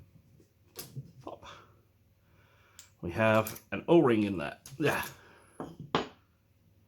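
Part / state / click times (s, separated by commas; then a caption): barrel threading onto airsoft rifle receiver / seated / 5.9 s. An APFG/VFC MCX Rattler GBBR airsoft rifle barrel is threaded back onto its metal receiver after several attempts, with an o-ring getting in the way, while someone talks and faint taps sound around 0.8, 1.3, 2.8 and 5.6 seconds. A sharp click at 5.9 seconds marks the barrel thread finally catching and seating.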